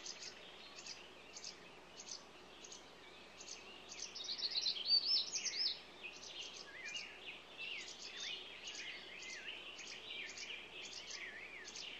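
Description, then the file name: Songbirds singing in a busy chorus: repeated high chirps about twice a second, with varied whistled and warbling phrases overlapping, loudest near the middle, over a steady background hiss. Morning songbird ambience. "Echoes Of Nature-Morning Songbirds"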